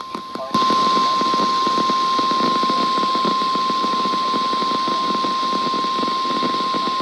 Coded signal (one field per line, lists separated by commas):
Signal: Emergency Alert System (SAME) tones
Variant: 1050 Hz attention tone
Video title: 11/13/24 - KHB38 & WXJ94 Required Weekly Tests (EAS #1157 & EAS #1158)